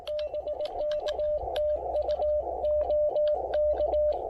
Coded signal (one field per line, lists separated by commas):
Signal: Morse code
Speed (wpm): 19 wpm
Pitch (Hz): 590 Hz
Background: music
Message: BK TU OK